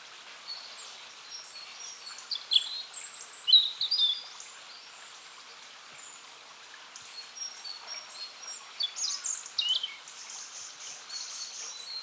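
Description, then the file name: European robin song, scattered high thin whistles and squeaky twittering notes in loose bursts, quiet gaps between, over soft steady hiss. "Erithacus rubecula"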